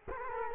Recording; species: mosquito wingbeat signal from an infrared sensor; Culex quinquefasciatus